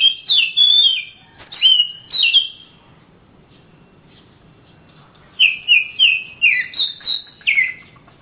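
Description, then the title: Oriental magpie-robin song in two bursts: rapid high whistles with sharp downward slides, a pause of over two seconds, then a livelier run of varied slurred notes. Singing birds of the Kalimantan and Sumatra types, described as champion (juara), master birds in active, energetic song (gacor). "Kicau Kacer Juara Master Kalimantan Sumatra Gacor"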